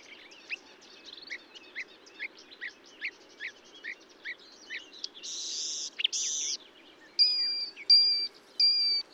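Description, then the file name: Marsh warbler song with a run of short rising chips, then harsh buzzy notes and clear whistled phrases, varied and jumpy. Recorded at Bonnevaux on 31 May 2009 at 05:35. "Rousserolle verderolle 20090531 0535 Bonnevaux"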